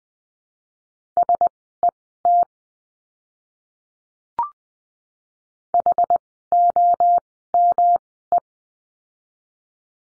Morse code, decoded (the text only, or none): SET HOME